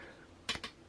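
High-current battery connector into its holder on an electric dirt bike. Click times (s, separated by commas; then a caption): 0.5 s. A QS10P-L high-current battery connector, rewired with large 4AWG lugs on a Sur Ron Light Bee electric dirt bike, is pushed back into its plastic mount after fears it would no longer fit. In a quiet background, a sharp snap at 0.5 s is followed by a fainter click at 0.6 s. The connector seats firmly in its holder.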